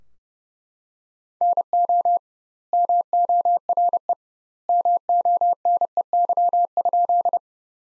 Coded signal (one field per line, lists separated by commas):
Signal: Morse code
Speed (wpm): 30 wpm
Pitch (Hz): 700 Hz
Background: none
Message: NO MORE MONEY?